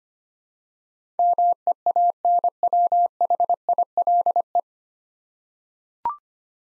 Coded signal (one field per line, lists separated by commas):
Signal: Morse code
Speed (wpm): 25 wpm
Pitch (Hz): 700 Hz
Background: none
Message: MEANWHILE